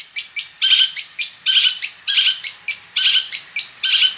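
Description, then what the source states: Long-tailed shrike song, a series of loud rasping, buzzy bursts repeated roughly once a second with shorter scratchy notes between them. Full song packed with imitations of other birds, a style known as gacor isian.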